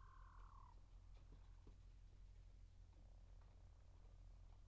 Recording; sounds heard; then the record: poultry house recording; healthy chickens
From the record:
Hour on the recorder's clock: 0